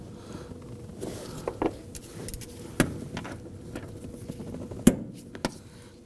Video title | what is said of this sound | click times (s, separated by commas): How to Replace Fuel Pump Module Assembly 2005-2009 Subaru Legacy | Those are locked in. | 2.8 s, 4.9 s